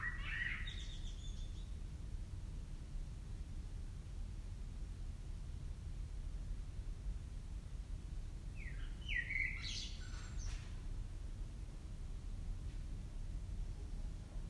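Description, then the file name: Common blackbird song: two phrases, one at the start and a fuller one later with a squeaky high twitter, over steady low background noise. "Turdus merula"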